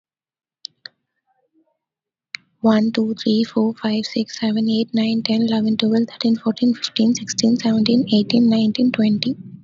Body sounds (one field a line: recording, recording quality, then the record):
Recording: counting at a fast pace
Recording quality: excellent, no background noise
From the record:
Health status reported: healthy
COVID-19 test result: negative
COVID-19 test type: RT-PCR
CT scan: not taken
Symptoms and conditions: none ticked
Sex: female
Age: 21 years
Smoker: no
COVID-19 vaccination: both doses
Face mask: worn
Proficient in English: yes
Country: India